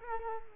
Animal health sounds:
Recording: mosquito wingbeat signal from an infrared sensor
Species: Culex quinquefasciatus

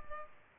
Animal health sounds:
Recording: mosquito wingbeat signal from an infrared sensor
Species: Culex pipiens

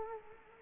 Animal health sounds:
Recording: mosquito wingbeat signal from an infrared sensor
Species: Culex quinquefasciatus

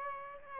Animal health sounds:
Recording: mosquito wingbeat signal from an infrared sensor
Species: Aedes aegypti

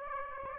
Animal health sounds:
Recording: mosquito wingbeat signal from an infrared sensor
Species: Aedes aegypti

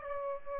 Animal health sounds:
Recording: mosquito wingbeat signal from an infrared sensor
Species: Aedes aegypti

